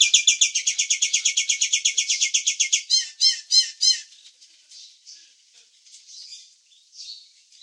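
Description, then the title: Nias hill myna giving a fast, harsh, buzzy chatter, then a few louder separate notes, then faint calls. "burung jalak nias"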